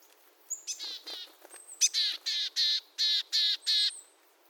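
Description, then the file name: Willow tit calls: a few quieter notes, then a series of about seven drawn-out, buzzy nasal 'dee' notes evenly spaced, mixed with thin high whistles. Recorded at Shirakaba on 9 September 2017. "kogara shirakaba"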